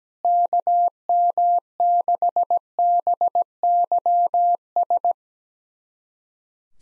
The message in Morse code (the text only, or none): KM6BYS